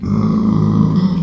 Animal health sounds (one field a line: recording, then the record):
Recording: squeal of a Yucatan mini pig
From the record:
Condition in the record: after surgery on the right vocal fold (resection and tissue-engineered implant)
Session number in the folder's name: 13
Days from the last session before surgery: 113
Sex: female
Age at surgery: 19 weeks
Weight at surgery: 25 kg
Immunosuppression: prednisolone